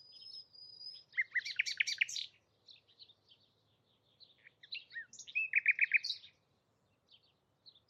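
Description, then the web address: Bird song: a thin whistle, then two bright bursts of rapid high chirps separated by scattered single notes. "Bird Only"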